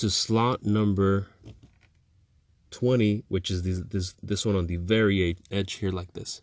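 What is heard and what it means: While rear sun shade retrofit wiring is done on a 2008–2010 BMW E60 LCI, the yellow wire's crimped terminal pin is handled and pushed toward slot 20 on the very edge of a blue plastic module connector housing. Someone talks throughout, with a quiet pause around 1.6 to 1.8 s where only faint, brief ticks are heard. The clip ends before the pin goes home, so nothing has seated or clicked yet.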